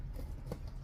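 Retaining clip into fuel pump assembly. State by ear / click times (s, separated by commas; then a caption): not seated / none. Small plastic retaining clips are handled at a recess on the fuel pump assembly of a BMW X5 E70 during a fuel pump replacement. A steady low rumble runs throughout, with one short, soft tap around 0.5 seconds. Nothing has seated or clicked yet.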